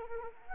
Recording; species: mosquito wingbeat signal from an infrared sensor; Anopheles arabiensis